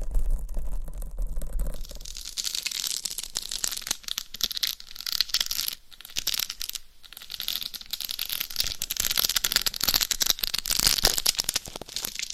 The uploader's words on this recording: ASMR Scratching & Tapping for People Who Get Bored Easily No Talking for Sleep with Long Nails.